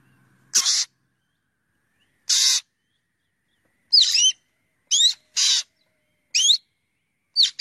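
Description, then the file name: Black drongo calls: several rasping notes mixed with upslurred metallic whistles, spaced a second or more apart. Otherwise quiet. "Tieng chim Cheo Beo"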